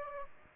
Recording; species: mosquito wingbeat signal from an infrared sensor; Aedes aegypti